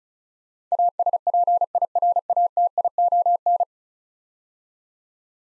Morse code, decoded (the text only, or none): ASPIRATION